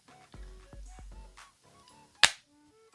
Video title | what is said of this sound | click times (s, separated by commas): 4th Party 18008 Voltron Ares Armor - Building Bricks Voltron Review | move these up until it clicks | 2.2 s